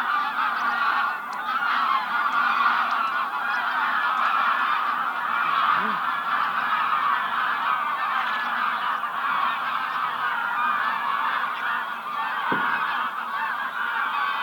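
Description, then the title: Goose chorus of steady overlapping honks, with one short low call midway and a sharp click near the end. "gansos"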